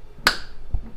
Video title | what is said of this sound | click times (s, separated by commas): QUIK LATCH HOOD PINS ON MY 1979 CHRYSLER CORDOBA-YOU ASKED FOR IT SO HERE WE GO | the little ball has now been inserted and it's locked into place here | 0.3 s